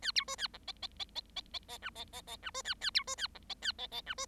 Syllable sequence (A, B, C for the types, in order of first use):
A B C A D E E E E E E E F E E E F C A A B C A D E A E E F C